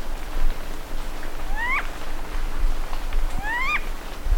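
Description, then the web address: Vasa parrot whistled calls: two upward-sweeping, slightly wavering notes about two seconds apart, over a low background rumble. "parrots coracopsis"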